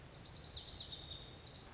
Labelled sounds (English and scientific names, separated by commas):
Lazuli Bunting (Passerina amoena)